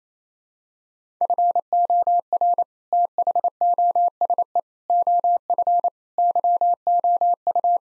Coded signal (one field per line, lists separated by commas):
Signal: Morse code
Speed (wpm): 28 wpm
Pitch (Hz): 700 Hz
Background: none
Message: FOR THOSE OF YOU